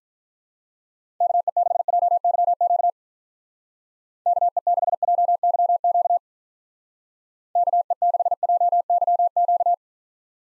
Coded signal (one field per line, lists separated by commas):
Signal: Morse code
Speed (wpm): 45 wpm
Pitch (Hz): 700 Hz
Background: none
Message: KE6JYQ KE6JYQ KE6JYQ